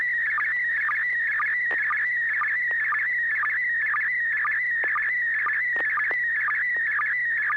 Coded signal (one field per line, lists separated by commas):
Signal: SSTV (slow-scan television)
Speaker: at least one building maybe two side by side with two different uh uh geez i can't name the architecture